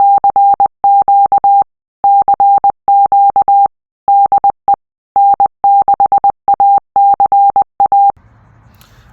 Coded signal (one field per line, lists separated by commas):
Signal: Morse code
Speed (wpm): 20 wpm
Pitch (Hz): 800 Hz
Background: none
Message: CQ CQ DE N6ACA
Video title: Ham Radio International Travel - DC to Daylight - Aaron N6ACA